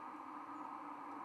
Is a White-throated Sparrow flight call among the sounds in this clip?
no